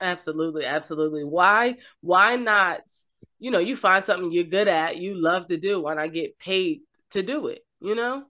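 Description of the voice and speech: One adult speaks fluently and conversationally with clear articulation, steady voicing and natural pauses; speech sounds ordinary.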